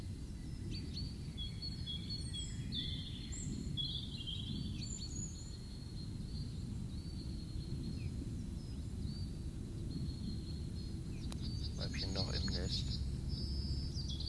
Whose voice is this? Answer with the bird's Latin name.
Phylloscopus collybita